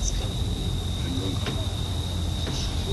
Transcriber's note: background discussion as guests move around